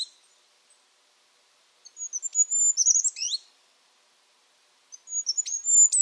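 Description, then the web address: Bird song: a faint note, then a quick high twittering phrase that includes a clear downward-sweeping whistle. After a pause, another phrase begins at the end. "cianscape. Deverinetal 2025. Bird Only"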